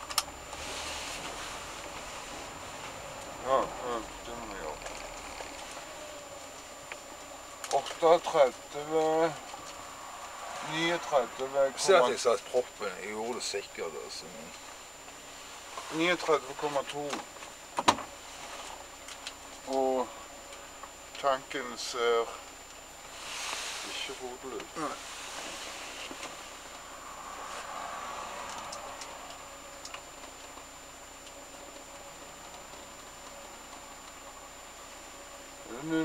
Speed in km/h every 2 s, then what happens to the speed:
0, 8, 6, 2, 0, 0, 0, 0, 0, 0, 0, 0, 0, 0, 0, 0, 0, 0.
2-6 slows to 2. 6-36 standing.